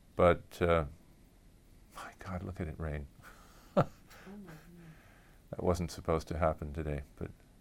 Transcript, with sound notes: But — my God, look at it rain! [chuckles]
Oh, my gosh.
That wasn't supposed to happen today but